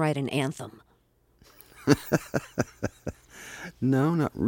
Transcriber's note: soundbite of laughter